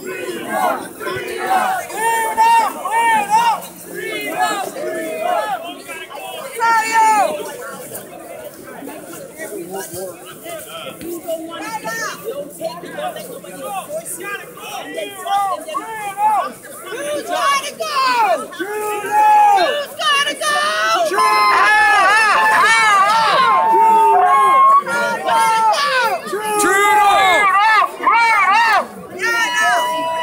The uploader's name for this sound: Truckers and Protesters take to the streets of downtown Toronto